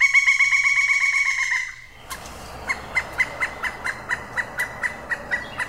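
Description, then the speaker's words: Pileated Woodpecker calls: a sustained harmonic tone at first, then a regular series of loud, clucking notes about four per second. Played recording; this clucking call gave the 'hen' part of the colloquial name 'Indian hen'. "so that would be what a pileated woodpecker would sound like. And that last call is a good one, because there's another colloquial name that a lot of people know is the Indian hen."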